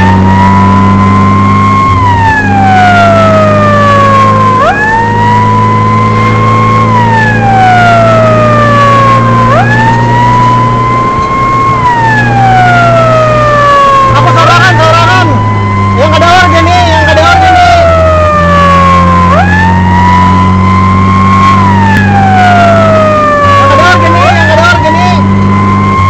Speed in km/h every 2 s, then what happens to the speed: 75, 76, 80, 84, 88, 90, 90, 80, 64, 66, 72, 76, 72.
0-11 speeds up to 90. 13-16 brakes to 64. 16-21 speeds up to 76.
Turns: none.